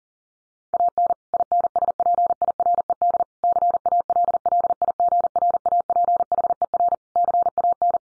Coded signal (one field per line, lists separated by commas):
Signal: Morse code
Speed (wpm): 40 wpm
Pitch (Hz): 700 Hz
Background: none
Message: AN INSPIRED CALLIGRAPHER CAN